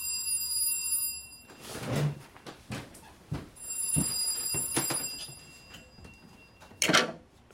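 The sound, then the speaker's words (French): A telephone rings in two bursts of bright, steady, high-pitched bell tones, separated by a short pause, with scattered thumps and clunks of handling around them and no one speaking. “Ici, au moins, le téléphone n'est pas coupé.”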